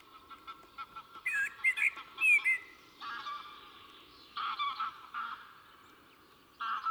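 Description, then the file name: Common blackbird warbling a short fluty phrase with high twittered ends, followed by harsher, lower buzzy sounds over the rest. "Turdus merula"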